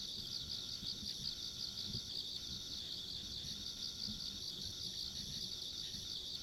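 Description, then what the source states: Insect chorus of fast, pulsing high chirps running without pause, with a thin higher whine above and soft low rustling noise underneath. Ambient insect sounds along a country road.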